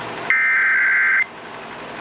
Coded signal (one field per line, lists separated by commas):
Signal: Emergency Alert System (SAME) tones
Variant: header bursts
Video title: EAS - Burnt